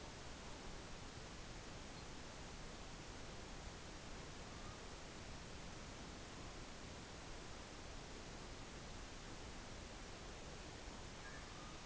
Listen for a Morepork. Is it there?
no